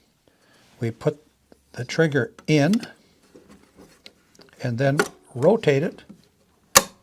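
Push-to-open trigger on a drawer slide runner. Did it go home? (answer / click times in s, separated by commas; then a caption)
yes / 6.8 s. A Blum Tip-On push-to-open trigger is put into the right runner of a Blum Movento drawer slide, rotated, and pressed in the same way as on the left runner, while someone talks. A sharp, loud click at 6.8 s shows the trigger has seated.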